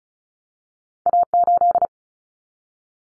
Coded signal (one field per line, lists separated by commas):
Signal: Morse code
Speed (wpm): 34 wpm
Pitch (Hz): 700 Hz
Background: none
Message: A8